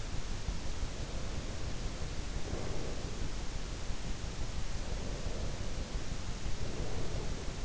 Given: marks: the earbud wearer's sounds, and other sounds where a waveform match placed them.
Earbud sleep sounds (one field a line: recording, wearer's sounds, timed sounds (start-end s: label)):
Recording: sounds in sleep by an in-ear microphone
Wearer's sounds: breath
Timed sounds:
0.99-3.24 s: breath
4.86-7.65 s: breath